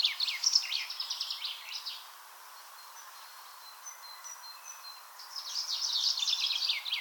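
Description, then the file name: Common chaffinch giving two fast trilled phrases separated by a few seconds, with faint thin high notes in between. "Fringilla coelebs"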